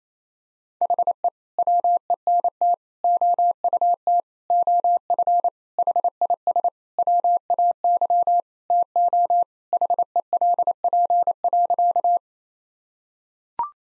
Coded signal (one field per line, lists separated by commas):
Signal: Morse code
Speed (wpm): 28 wpm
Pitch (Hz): 700 Hz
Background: none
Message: HE WENT OUT OF HIS WAY TO HELP.